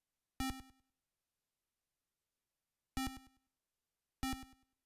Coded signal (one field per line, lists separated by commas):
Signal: none